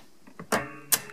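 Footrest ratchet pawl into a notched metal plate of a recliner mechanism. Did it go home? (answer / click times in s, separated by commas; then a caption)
yes / 0.4 s, 1.1 s. On a Lazy Boy recliner with a footrest problem, moving the handle slides the footrest mechanism's metal toothed ratchet pawl along its L-groove against a notched metal plate. Short, sharp metallic clicks at 0.4 s and 1.1 s mark the pawl catching in the notch, with louder mechanical clatter between them. After the second click the pawl is seated, and the footrest drops down.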